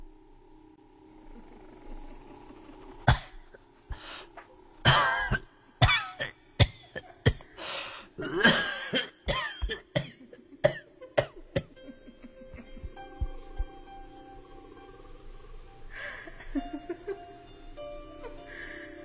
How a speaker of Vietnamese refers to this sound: Cơn gió lạnh lẽo lùa ngang lùa dọc, bóng của bà cụ thoắt một cái biến mất trong tầm mắt, chỉ để lại tiếng cười cứ khinh khích đâu đây cùng với tiếng ho khành khạch của bà cụ.